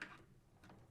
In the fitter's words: You hear that snap?